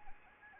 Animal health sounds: mosquito wingbeat signal from an infrared sensor; Anopheles arabiensis

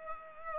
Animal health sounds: mosquito wingbeat signal from an infrared sensor; Culex pipiens

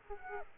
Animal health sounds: mosquito wingbeat signal from an infrared sensor; Aedes aegypti

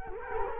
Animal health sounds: mosquito wingbeat signal from an infrared sensor; Culex quinquefasciatus

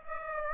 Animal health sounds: mosquito wingbeat signal from an infrared sensor; Aedes aegypti

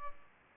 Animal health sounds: mosquito wingbeat signal from an infrared sensor; Culex pipiens

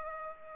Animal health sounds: mosquito wingbeat signal from an infrared sensor; Culex pipiens

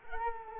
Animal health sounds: mosquito wingbeat signal from an infrared sensor; Culex quinquefasciatus

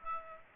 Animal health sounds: mosquito wingbeat signal from an infrared sensor; Aedes aegypti

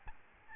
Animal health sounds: mosquito wingbeat signal from an infrared sensor; Aedes albopictus

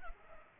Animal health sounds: mosquito wingbeat signal from an infrared sensor; Culex pipiens

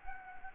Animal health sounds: mosquito wingbeat signal from an infrared sensor; Anopheles gambiae

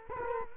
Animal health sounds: mosquito wingbeat signal from an infrared sensor; Culex quinquefasciatus

